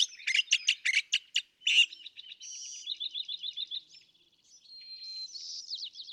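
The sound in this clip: California thrasher song: a burst of loud harsh repeated notes, then softer quick trilled phrases and a thin high whistled ending, no other sounds.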